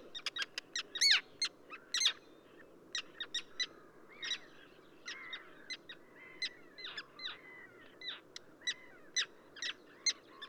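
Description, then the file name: Common tern calls, piercing short notes in uneven series, several birds calling back and forth. Subspecies minussensis, recorded at Ögii Nuur, Mongolia. "ctern-minussensis mng ogi-nuur"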